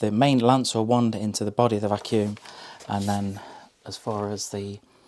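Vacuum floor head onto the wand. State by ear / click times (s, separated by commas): not seated / none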